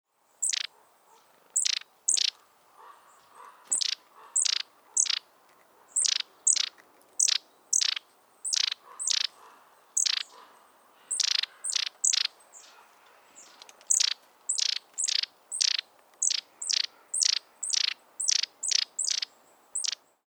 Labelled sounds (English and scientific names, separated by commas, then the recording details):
Long-tailed Tit (Aegithalos caudatus)
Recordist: Frommolt, Karl-Heinz
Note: Rufe